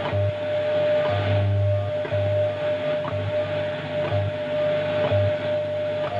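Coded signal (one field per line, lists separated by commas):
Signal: radio time signal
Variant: WWVH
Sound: steady mid tone with short ticks once per second and low hum pulses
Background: radio static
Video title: National Institute of Standards and Technology Time WWVH Hawaii 15 Mhz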